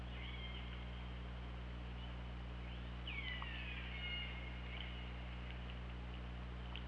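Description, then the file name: Killer whale call, a sharply falling then long level harmonic whistle-like tone around midway, with fainter notes before it and steady low hum beneath. Recorded by the OrcaLab hydrophone on 24 August 2017 at 21:04. "Orca Lab 20170824 210415"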